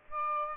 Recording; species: mosquito wingbeat signal from an infrared sensor; Aedes aegypti